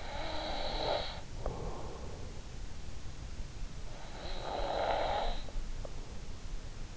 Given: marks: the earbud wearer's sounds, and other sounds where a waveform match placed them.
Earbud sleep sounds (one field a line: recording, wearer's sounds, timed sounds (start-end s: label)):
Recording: sounds in sleep by an in-ear microphone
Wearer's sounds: breath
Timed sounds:
0.00-2.39 s: breath
3.82-6.22 s: breath